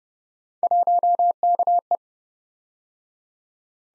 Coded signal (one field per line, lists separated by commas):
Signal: Morse code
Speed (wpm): 29 wpm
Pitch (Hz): 700 Hz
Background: none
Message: 1KE